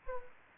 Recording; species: mosquito wingbeat signal from an infrared sensor; Anopheles gambiae